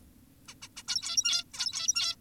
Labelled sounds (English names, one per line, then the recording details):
Zebra Finch
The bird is an adult
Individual g17y2U